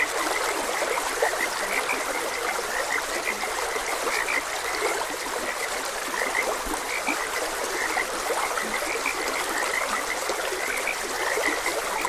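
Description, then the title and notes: Frogs croaking in short high notes repeated at uneven intervals over a steady background of running stream water. Frogs croaking beside a gentle stream. "Frogs Croaking. Sleep and Relaxation Podcast"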